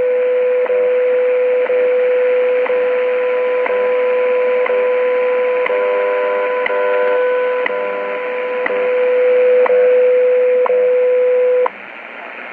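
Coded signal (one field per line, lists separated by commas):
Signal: radio time signal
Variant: WWV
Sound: continuous mid-pitched tone, briefly broken by a sharp tick each second, about 12 ticks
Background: radio static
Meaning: Each tick marks one second, with a steady audio tone between ticks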